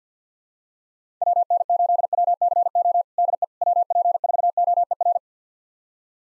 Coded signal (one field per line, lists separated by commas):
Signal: Morse code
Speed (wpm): 50 wpm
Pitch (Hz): 700 Hz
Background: none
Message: WN8WCO DE WP4OER